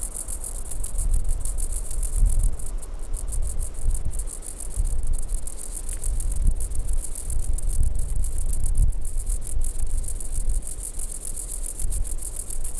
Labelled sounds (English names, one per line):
Woodland Grasshopper stridulation